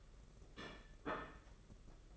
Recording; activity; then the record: daily activity, microphone in the room; place plate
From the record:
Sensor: 4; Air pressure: 992.6 hPa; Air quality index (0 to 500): 135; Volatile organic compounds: 57 ppm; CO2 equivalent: 3384 ppm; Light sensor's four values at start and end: 19/65/24/25 and 19/65/24/25